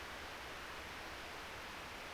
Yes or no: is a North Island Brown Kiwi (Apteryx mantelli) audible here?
no